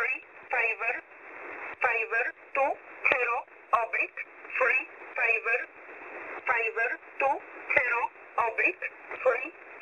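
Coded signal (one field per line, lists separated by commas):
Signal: numbers station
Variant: E11 (Oblique)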